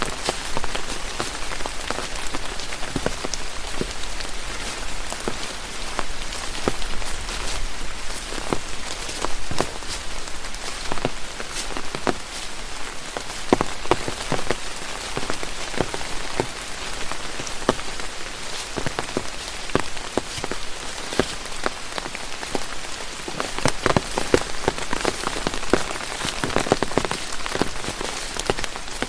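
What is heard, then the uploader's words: Steady rain patters on an umbrella overhead, dense taps with frequent sharper drops throughout, a constant bright hiss underneath. Sounds of Rain on Umbrella. Walk Through the Forest.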